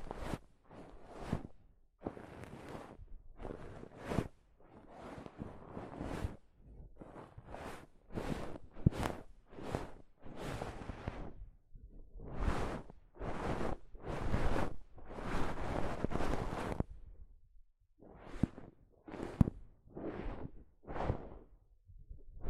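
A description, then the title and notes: Soft fabric brushes against a microphone in a steady run of short, rustling swipes, roughly one every second. Each stroke is a muffled, full-range scrape with a low rumble. Brief silent gaps fall between strokes, with a longer pause near seventeen seconds. ASMR Mic Brushing using Soft Fabric (No Talking).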